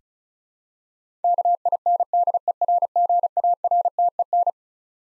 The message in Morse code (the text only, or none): KINDERGARTEN